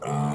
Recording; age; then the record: pig call; weaner (32 to 43 days)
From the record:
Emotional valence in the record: negative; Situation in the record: long isolation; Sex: female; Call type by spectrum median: low-frequency call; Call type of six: low-frequency modulated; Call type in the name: low-frequency modulated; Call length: 0.35 s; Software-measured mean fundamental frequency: 71 Hz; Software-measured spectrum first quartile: 171 Hz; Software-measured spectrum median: 404 Hz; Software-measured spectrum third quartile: 949 Hz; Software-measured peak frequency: 718 Hz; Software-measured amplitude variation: 78 dB a second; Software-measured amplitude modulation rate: 30.1 a second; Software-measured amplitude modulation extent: 2.6 dB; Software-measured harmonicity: 0.1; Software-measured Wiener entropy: -0.76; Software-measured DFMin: 742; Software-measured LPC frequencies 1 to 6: 706, 1229, 2217, 2997, 4531, 5722 Hz